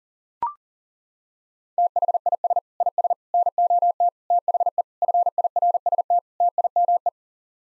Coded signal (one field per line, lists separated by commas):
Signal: Morse code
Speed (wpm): 40 wpm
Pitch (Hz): 700 Hz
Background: none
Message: THIS IS NOT THE FIRST TIME